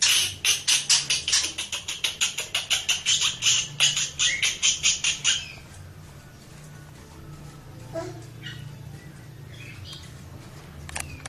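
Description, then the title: Oriental magpie-robin giving a fast series of sharp, dry clicking notes for about five seconds, then near silence with a few faint chirps. Champion bird in lively, chatty singing form. "Kacer Juara Gacor"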